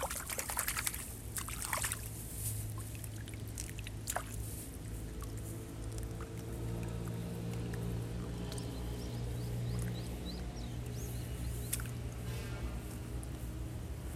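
Rice seedlings are pulled one by one from a flooded nursery bed, with wet splashing and rustling clustered in the first few seconds and scattered handling sounds after. A steady low engine hum runs throughout, and small bird chirps come and go later on.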